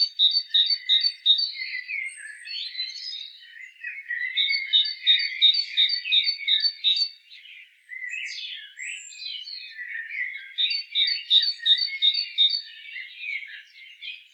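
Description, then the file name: Great tit calling in three bursts of rapid, repeated high metallic notes, with harsher chatter between them. "Parus major"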